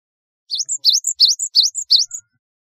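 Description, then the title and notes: Java sparrow delivering a clean series of about five high, swooping chirps, each followed by a short thin higher note, in near silence. "Kicau Burung Gelatik"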